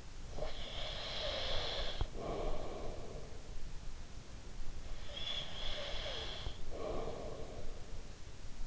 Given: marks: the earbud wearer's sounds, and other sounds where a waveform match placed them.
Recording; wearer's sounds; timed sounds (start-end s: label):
sounds in sleep by an in-ear microphone; breath
0.00-3.51 s: breath
4.67-8.18 s: breath